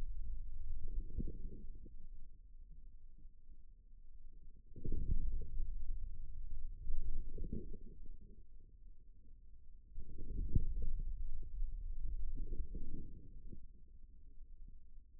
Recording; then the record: forearm muscle sounds (acoustic myography)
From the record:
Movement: inward rotation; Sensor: system 2, bracelet of six BSWA MPA416 microphones around the upper forearm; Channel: 1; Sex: male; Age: 22 years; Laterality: right